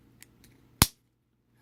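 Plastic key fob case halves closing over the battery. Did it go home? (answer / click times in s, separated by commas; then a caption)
yes / 0.8 s. After the coin battery is replaced in an Infiniti Intelligent Key smart key fob, the two plastic case halves are lined up and pressed together over the battery. Two faint ticks at 0.2 s and 0.4 s are followed by a sharp, loud snap at 0.8 s as the halves click shut. The case is seated.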